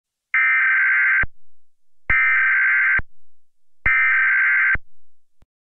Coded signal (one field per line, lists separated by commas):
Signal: Emergency Alert System (SAME) tones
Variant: header bursts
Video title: EAS: Zombie Outbreak Rockford Illinois Part 1